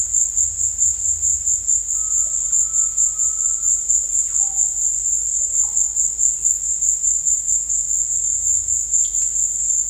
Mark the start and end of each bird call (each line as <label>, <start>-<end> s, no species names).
bird call, 1.88-3.86 s
bird call, 4.30-4.88 s